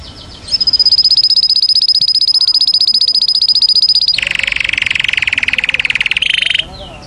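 Canary song: a fast high trill held for several seconds, then switching to a lower, buzzier rolled trill before stopping.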